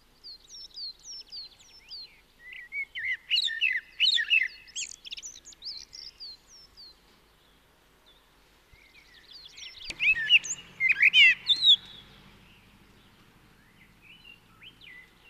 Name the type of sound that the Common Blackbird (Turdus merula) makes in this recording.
song